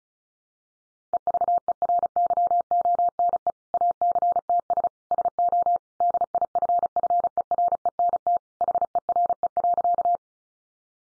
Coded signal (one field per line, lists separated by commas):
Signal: Morse code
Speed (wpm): 34 wpm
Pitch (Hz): 700 Hz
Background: none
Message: EVERYONE ACTS SO DIFFERENT HERE.